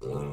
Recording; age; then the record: pig call; weaner (32 to 43 days)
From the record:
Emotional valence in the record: negative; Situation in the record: novel object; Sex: female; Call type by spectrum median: low-frequency call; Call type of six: low-frequency stable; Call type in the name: low-frequency stable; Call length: 0.33 s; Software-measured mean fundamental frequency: 68 Hz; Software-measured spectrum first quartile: 148 Hz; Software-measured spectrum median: 328 Hz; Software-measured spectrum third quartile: 509 Hz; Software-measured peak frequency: 435 Hz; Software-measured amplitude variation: 107 dB a second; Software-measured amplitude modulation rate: 31.5 a second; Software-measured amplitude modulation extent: 3.4 dB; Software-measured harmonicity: -0.4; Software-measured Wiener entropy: -0.27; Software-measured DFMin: 996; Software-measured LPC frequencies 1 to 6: 428, 1170, 2480, 3803, 4671, 5871 Hz